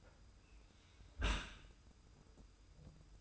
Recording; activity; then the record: daily activity, microphone in the room; close dishwasher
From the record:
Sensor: 2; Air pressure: 990.3 hPa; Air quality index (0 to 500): 210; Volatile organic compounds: 1000 ppm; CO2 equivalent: 6748 ppm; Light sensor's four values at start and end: 28/66/27/27 and 28/66/27/27